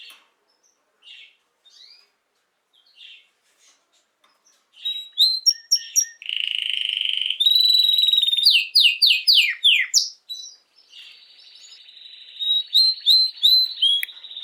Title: Canary Training 17 Esquente Seu Filhote E Canario Belga Em 30 Minutos Macho Cantando Muito. Canrio Belga RAIDEN Cantando Muito - Esquente seu Canrio Belga